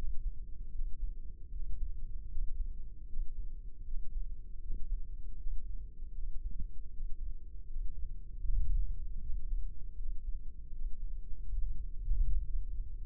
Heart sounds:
heart sounds by microphone in the left ear; 78 bpm
0.74 s: heartbeat
1.52 s: heartbeat
2.31 s: heartbeat
3.09 s: heartbeat
3.87 s: heartbeat
4.63 s: heartbeat
5.40 s: heartbeat
6.16 s: heartbeat
6.93 s: heartbeat
7.69 s: heartbeat
8.46 s: heartbeat
9.22 s: heartbeat
9.99 s: heartbeat
10.74 s: heartbeat
11.50 s: heartbeat
12.27 s: heartbeat
13.02 s: heartbeat
From the record:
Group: healthy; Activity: breath hold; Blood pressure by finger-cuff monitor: 145/89 mmHg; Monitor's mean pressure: 106 mmHg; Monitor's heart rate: 78 bpm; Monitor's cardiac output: 6.3 L/min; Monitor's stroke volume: 82 mL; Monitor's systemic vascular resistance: 1250 dyn s/cm5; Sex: male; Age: 21 years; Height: 175 cm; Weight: 72.6 kg

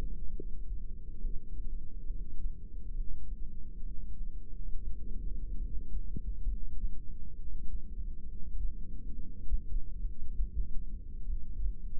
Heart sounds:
heart sounds by microphone in the right ear; 68 bpm
0.28 s: heartbeat
1.16 s: heartbeat
2.03 s: heartbeat
2.89 s: heartbeat
3.77 s: heartbeat
4.66 s: heartbeat
5.54 s: heartbeat
6.42 s: heartbeat
7.31 s: heartbeat
8.21 s: heartbeat
9.11 s: heartbeat
9.98 s: heartbeat
10.87 s: heartbeat
11.75 s: heartbeat
From the record:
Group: heart failure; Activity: rest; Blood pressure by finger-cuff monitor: 108/77 mmHg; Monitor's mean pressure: 90 mmHg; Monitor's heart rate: 68 bpm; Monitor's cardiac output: 6.8 L/min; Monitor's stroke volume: 98 mL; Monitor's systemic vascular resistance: 980 dyn s/cm5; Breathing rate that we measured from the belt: 16 breaths a minute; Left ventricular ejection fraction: 25%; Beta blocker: metoprolol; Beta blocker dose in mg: 62.5 twice daily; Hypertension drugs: ramipril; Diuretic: furosemide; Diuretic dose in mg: 40 twice daily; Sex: male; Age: 57 years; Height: 180 cm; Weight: 90.5 kg

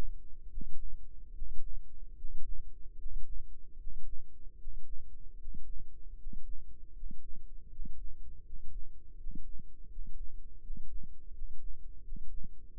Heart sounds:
heart sounds by microphone in the left ear; 79 bpm
0.47 s: heartbeat
1.31 s: heartbeat
2.14 s: heartbeat
2.95 s: heartbeat
3.76 s: heartbeat
4.56 s: heartbeat
5.36 s: heartbeat
6.15 s: heartbeat
6.91 s: heartbeat
7.67 s: heartbeat
8.41 s: heartbeat
9.15 s: heartbeat
9.87 s: heartbeat
10.58 s: heartbeat
11.30 s: heartbeat
12.00 s: heartbeat
12.70 s: heartbeat
From the record:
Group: healthy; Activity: breath hold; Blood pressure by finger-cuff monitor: 90/57 mmHg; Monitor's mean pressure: 65 mmHg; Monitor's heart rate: 75 bpm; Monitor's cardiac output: 7.1 L/min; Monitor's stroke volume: 96 mL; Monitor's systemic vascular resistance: 650 dyn s/cm5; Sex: male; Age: 35 years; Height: 180 cm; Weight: 86.9 kg

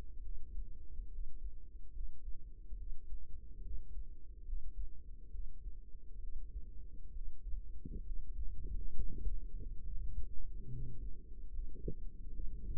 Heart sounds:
heart sounds by microphone in the right ear; 69 bpm
0.21 s: heartbeat
1.09 s: heartbeat
1.92 s: heartbeat
2.76 s: heartbeat
3.61 s: heartbeat
4.44 s: heartbeat
5.30 s: heartbeat
6.19 s: heartbeat
7.12 s: heartbeat
8.02 s: heartbeat
8.93 s: heartbeat
9.81 s: heartbeat
10.68 s: heartbeat
11.50 s: heartbeat
12.30 s: heartbeat
From the record:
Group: healthy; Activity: rest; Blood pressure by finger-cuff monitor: 113/70 mmHg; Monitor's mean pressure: 88 mmHg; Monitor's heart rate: 68 bpm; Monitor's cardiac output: 5.8 L/min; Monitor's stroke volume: 85 mL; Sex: male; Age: 35 years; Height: 178 cm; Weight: 64 kg

